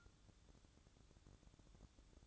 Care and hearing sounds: daily activity, microphone in the room; take from stove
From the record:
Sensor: 3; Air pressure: 1008.0 hPa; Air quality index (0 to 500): 125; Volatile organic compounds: 2 ppm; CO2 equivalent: 1041 ppm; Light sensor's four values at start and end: 9/20/8/8 and 9/20/8/8

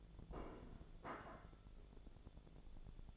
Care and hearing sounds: daily activity, microphone in the room; place plate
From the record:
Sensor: 5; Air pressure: 1000.3 hPa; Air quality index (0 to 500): 125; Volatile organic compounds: 2 ppm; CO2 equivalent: 990 ppm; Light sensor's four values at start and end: 96/227/97/105 and 96/227/97/105

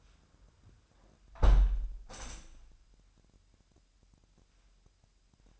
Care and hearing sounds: daily activity, microphone in the room; close window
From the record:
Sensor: 2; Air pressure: 998.0 hPa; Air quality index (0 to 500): 146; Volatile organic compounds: 4 ppm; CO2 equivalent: 1644 ppm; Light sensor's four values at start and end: 10/29/12/11 and 10/29/12/11

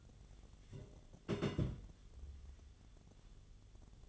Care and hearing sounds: daily activity, microphone in the room; place on stove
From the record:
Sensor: 4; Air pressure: 1010.9 hPa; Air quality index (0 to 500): 167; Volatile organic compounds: 4 ppm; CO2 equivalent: 1702 ppm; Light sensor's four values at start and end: 40/114/46/47 and 40/114/46/47

